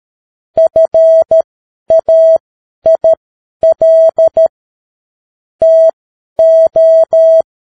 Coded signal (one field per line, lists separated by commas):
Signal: Morse code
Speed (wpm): 13 wpm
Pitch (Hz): 650 Hz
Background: none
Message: FAIL TO